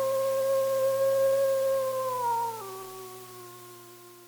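Wolf howl holding a level, drawn-out tone, then dropping to a lower pitch partway through and slowly fading away.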